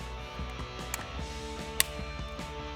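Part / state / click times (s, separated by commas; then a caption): plastic map light cover onto the overhead console light housing / seated / 1.8 s. The plastic lens cover of the overhead map light on a 2014-2022 Toyota 4Runner is pressed back onto its console light housing after an LED bulb is fitted. Over steady background music, a faint tick comes at 0.9 s, then a sharp click at 1.8 s as the cover snaps on, showing it is seated properly.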